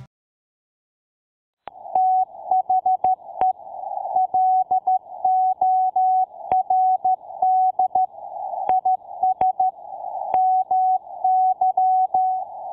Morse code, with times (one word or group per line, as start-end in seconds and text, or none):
2.0-3.5 THE
4.2-8.1 LORD
8.7-9.7 IS
10.3-12.4 MY